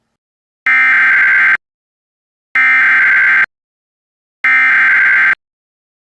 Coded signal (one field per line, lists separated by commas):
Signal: Emergency Alert System (SAME) tones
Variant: header bursts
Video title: EAS #558 & 559 Updated Immediate Evacuation